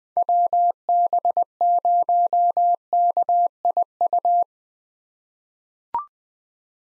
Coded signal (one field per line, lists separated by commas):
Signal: Morse code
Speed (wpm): 21 wpm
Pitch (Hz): 700 Hz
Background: none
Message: WB0KIU